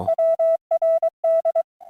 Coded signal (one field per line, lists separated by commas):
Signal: Morse code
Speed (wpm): 23 wpm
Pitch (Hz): 660 Hz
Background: none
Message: WRD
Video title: Sunday Morning Pota Hunt 4-12-2026